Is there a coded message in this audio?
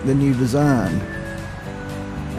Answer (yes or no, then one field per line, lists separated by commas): no